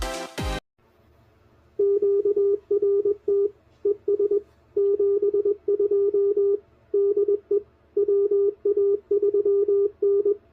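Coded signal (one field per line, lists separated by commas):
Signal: Morse code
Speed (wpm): 21 wpm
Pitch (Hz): 410 Hz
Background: music, radio noise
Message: QRT ES 72 DE WA3N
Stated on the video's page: Morse code from a park activation using a new QRPLabs QMX transceiver.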